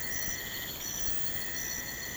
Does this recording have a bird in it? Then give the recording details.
no. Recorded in pastures near Puerto Asís, Putumayo, Colombia, on 24 March 2025 at 02:30. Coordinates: 0.472, -76.329. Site G074